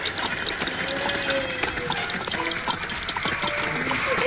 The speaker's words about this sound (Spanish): Un animal chillaba y brincaba en el lodo, salpicando todo. Tenía un cuerpo regordo, horrible.